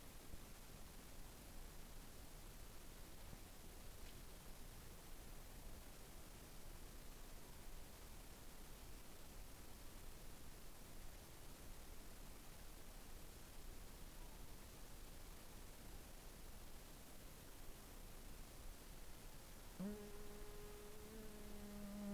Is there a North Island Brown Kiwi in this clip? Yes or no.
no